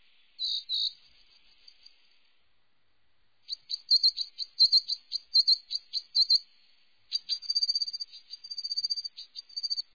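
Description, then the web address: Eurasian blue tit calls: high, thin chirping notes, a short pair first, then after a pause quick irregular series of sharp notes continuing to the end. Songs and calls. "chants et cris mesangebleue"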